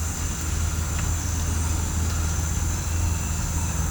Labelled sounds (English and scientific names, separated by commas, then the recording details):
none
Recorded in pastures near Puerto Asís, Putumayo, Colombia, on 21 December 2024 at 08:30
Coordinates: 0.466, -76.322
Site G040